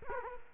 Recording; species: mosquito wingbeat signal from an infrared sensor; Culex quinquefasciatus